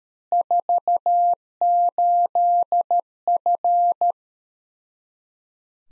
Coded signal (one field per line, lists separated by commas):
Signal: Morse code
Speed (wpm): 13 wpm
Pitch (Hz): 700 Hz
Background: none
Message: 48F